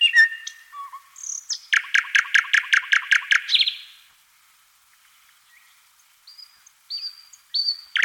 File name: Solovej obyknovennyj Luscinia luscinia - Penie